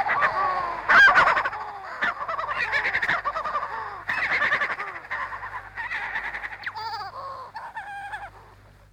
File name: huttons shearwater